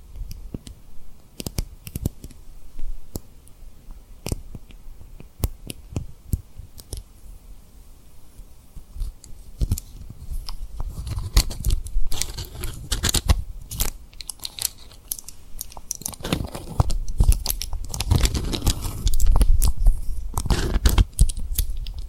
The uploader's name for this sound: Tapping & Rubbing Rhinestone Lip Triggers